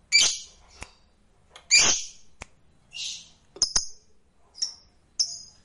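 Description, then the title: Lovebird calls: two raspy shrieks, then shorter high chirps and thin whistled notes at uneven intervals. "Suara Lovebird Ini"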